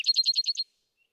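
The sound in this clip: Vesper sparrow trill: a rapid run of about seven sharp, high chipping notes lasting under a second, then silence.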